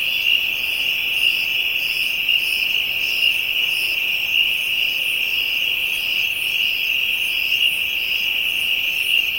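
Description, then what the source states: Insects in a dense chorus: a steady shrill high drone with soft pulsing buzzes repeating above it, unbroken throughout. African insects, ambient soundscape.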